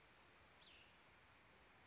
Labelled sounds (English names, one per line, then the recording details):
Cassin's Vireo
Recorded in Sonoma County, California